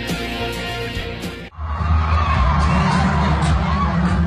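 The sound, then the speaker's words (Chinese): A large crowd of fans screams and cheers loudly and continuously, with high-pitched shrieks and whoops over a dense roar, briefly dipping before surging back even stronger, during a performance segment of a snowboard competition at the Bird's Nest stadium in Beijing. “如果只听粉丝们的尖叫声，你可能以为这是某个明星的演唱会，但其实这只是在鸟巢进行的费雪单板滑雪比赛中的一个表演环节。”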